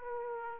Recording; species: mosquito wingbeat signal from an infrared sensor; Aedes aegypti